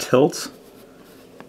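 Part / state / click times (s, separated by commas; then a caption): tilt mechanism of a tilt-shift camera lens, detent at zero position / seated / 1.4 s. Someone talks briefly, then after a quiet stretch the tilt mechanism of a tilt-shift camera lens, with its tilt and shift locks unlocked, is turned back to centre. It gives one short, small click at 1.4 s as it seats into its detent at the zero-tilt position, meaning no tilt at all.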